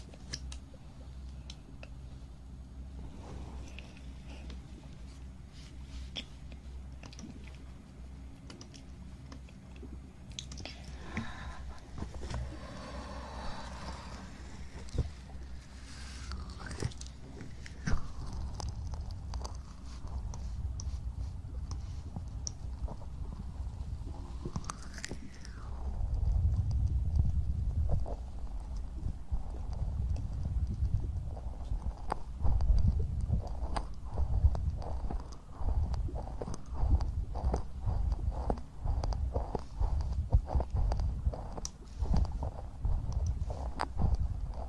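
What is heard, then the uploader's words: Ear cleaning and ear massage sounds, with low rubbing and muffled thumps that grow louder after about 25 seconds. Quick scratchy clicks and taps come in dense irregular bursts, and a brief brighter rustle around 12 to 16 seconds rises above the low rumble. ASMR Ear cleaning & Ear massage.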